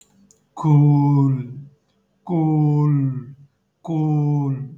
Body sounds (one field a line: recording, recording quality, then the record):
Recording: sustained vowel as in boot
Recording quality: moderate, slight background noise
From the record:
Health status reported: healthy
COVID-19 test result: not tested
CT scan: not taken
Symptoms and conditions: cold, fatigue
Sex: male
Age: 30 years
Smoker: no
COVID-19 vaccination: both doses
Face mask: worn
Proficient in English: yes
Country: India